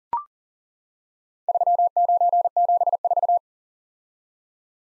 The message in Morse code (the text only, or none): 3974